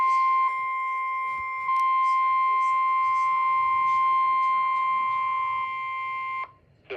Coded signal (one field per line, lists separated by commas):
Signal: Emergency Alert System (SAME) tones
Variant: 1050 Hz attention tone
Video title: Wisconsin EAS alerts